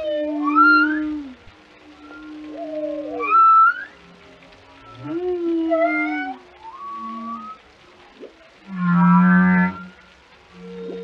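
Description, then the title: Whale calls: rising squeals and falling moans in a slow series, followed by a rough, pulsed low groan near the end. "Whale Tales: A Dive into the Fascinating Behaviors of These Ocean Giants"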